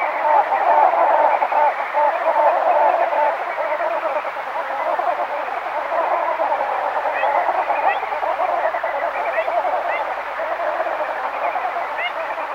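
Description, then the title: Andean flamingos calling together in a steady, busy babble of grating, honking notes, with a few higher sharp calls standing out over the massed chorus. Group courtship display; call described as a series of cra cra cra notes. "Parina Grande O Flamenco Andino (cortejo Grupal)"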